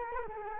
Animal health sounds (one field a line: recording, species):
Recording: mosquito wingbeat signal from an infrared sensor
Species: Culex quinquefasciatus